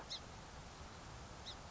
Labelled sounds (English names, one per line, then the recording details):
Song Sparrow
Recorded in Sonoma County, California